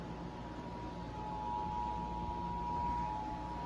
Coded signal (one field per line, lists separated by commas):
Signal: Emergency Alert System (SAME) tones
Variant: 853 and 960 Hz attention tone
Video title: EAS #108 REAL AND RARE! LOCAL AREA EMERGENCY ON TV